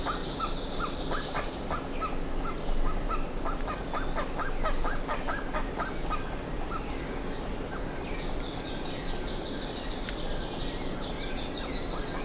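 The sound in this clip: Bird calls, many short chirps and thin whistles throughout, over a steady low rumble of background noise.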